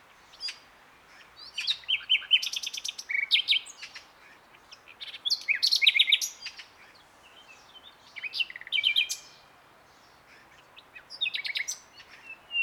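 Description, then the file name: Common nightingale song of varied, rhythmic phrases with rapid repeated notes, warbles and sharp whistles, separated by short gaps. "Luscinia megarhynchos"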